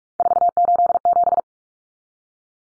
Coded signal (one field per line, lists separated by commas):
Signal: Morse code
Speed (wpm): 44 wpm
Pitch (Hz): 700 Hz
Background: none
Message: 487